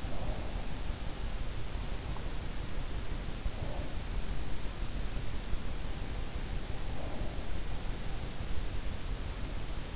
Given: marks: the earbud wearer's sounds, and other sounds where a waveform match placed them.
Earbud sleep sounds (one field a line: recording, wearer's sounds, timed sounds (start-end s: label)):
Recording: sounds in sleep by an in-ear microphone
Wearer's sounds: breath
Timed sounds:
0.00-0.57 s: breath